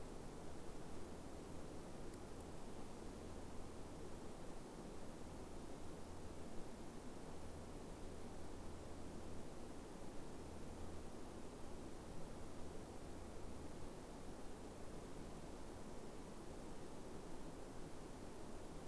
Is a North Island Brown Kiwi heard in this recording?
no